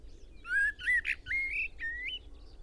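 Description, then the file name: Common blackbird singing one short phrase of mellow whistled notes, rising and falling, with faint background hum. "Turdus merula"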